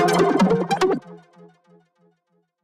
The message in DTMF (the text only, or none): none